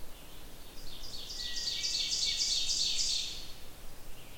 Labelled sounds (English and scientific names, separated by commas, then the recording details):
Ovenbird (Seiurus aurocapilla) song
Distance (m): 35 m
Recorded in boreal forest in Alberta, Canada, on 28 June 2016 at 06:39
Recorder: SongMeter 3, array SBT-6-79
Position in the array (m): 49 m, 110 m
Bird 40